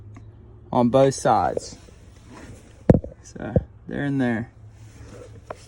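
A pick is pushed into the side access hole of a 2003 Chevrolet Silverado's steering wheel to release the spring clip holding the airbag/horn module. Someone talks, and the clip releases with a sharp click at 5.5 s, leaving the clip open.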